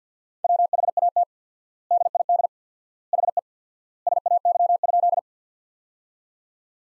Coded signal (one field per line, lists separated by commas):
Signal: Morse code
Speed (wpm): 50 wpm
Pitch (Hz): 700 Hz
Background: none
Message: WHAT DID HE SAY?